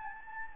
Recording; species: mosquito wingbeat signal from an infrared sensor; Anopheles gambiae